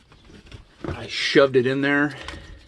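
An accessory rocker switch is pushed one-handed into a pre-cut opening in the plastic dash panel of a Jeep YJ for an off-road light switch install, with soft handling taps and rustles while someone talks. The switch has not snapped or seated yet.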